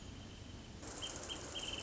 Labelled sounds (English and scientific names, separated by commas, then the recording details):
Wrentit (Chamaea fasciata)
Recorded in Sonoma County, California